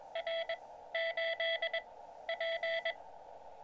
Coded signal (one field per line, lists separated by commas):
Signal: Morse code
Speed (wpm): 18 wpm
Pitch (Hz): 690 Hz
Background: none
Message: R 8 P